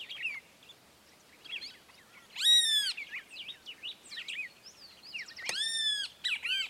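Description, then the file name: Great kiskadee song: loud, harsh, arching notes in a few bursts, with quieter notes between them. Two birds singing together. "Benteveo -canto-entre-dos-ejemplares"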